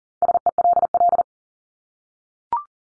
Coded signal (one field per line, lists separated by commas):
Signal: Morse code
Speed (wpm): 40 wpm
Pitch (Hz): 700 Hz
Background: none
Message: SELL